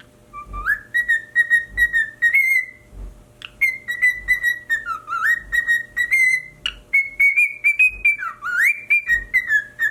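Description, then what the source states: Cockatiel whistling a run of clear tonal notes near one pitch, with rising slurred phrases between; faint low hum beneath. Pied colour variety.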